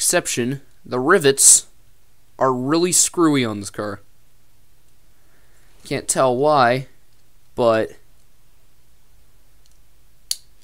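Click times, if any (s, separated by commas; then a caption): 10.3 s. Someone talks while pressing the slanted body of a 1:64 NASCAR Authentics diecast metal and plastic race car back onto its slanted chassis rivets. A single sharp snap is heard at 10.3 s. The body only partly snaps back into place and still needs more work.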